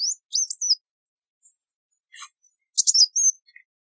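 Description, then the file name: Sunbird calls: quick high warbled notes and buzzy chip clusters, broken by a short pause and a softer lower note. "Tieng chim hut mat"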